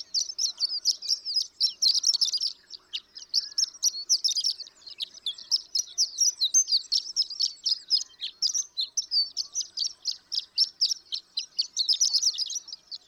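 Horned lark song, a long stream of high, sibilant twittering notes delivered rapidly and steadily.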